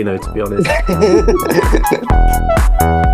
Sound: laughter; Musical Outro